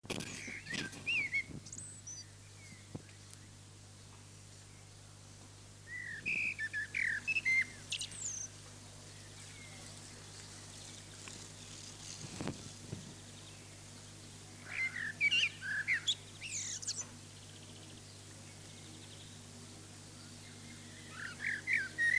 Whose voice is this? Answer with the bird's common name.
Common Blackbird